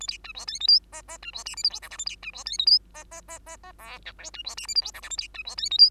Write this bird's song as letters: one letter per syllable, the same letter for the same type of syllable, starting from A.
A B C D E F G H H C D I J K L M N A B C D E F G H H H H H O P Q C D I J K L M N A B C D E F G